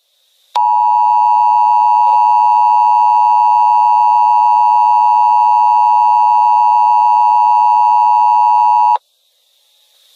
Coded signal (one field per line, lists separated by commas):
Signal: Emergency Alert System (SAME) tones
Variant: 853 and 960 Hz attention tone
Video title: eas alert